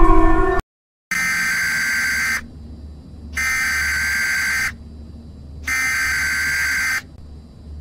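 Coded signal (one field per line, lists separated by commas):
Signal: Emergency Alert System (SAME) tones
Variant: header bursts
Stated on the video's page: Fictional country EAS alarm; the original audio is separate.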